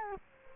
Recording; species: mosquito wingbeat signal from an infrared sensor; Culex quinquefasciatus